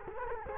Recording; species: mosquito wingbeat signal from an infrared sensor; Culex quinquefasciatus